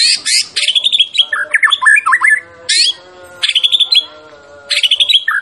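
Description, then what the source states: White-rumped shama song: bursts of harsh high chatter alternating with lower, varied whistled notes, phrases separated by brief silences. Champion bird; masteran (training) recording.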